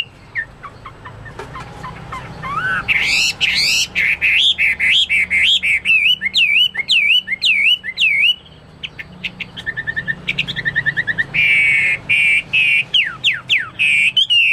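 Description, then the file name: Chinese hwamei delivering fast, varied song: quick upslurred notes, rolling whistled loops, harsh rapid bursts, then sharp repeated whistles, over a low background hum. "omkicau hwamei"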